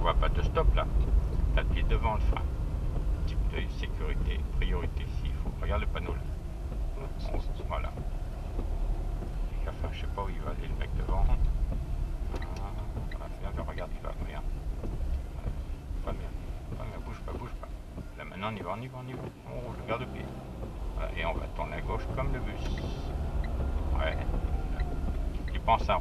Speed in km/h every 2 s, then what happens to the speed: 28, 23, 18, 17, 20, 18, 16, 13, 6, 4, 15, 22, 20.
0-5 slows to 17. 8-17 slows to 4. 18-21 speeds up to 22.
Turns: none.